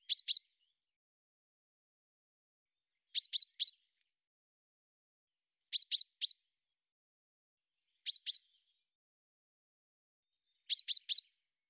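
Bird chirps, high sharp notes in tight clusters of two or three, repeated every few seconds against a silent background.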